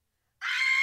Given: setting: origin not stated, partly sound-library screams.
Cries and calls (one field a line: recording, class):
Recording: one-second piece from a danger detection set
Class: woman in danger